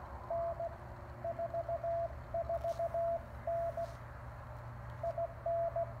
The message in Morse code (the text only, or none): N 44N IN